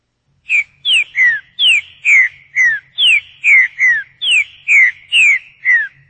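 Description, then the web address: Rebicador song: a steady run of loud, clean whistles, each falling sharply in pitch, delivered roughly twice a second without pause. "cantos diversos Canto. Rebicador"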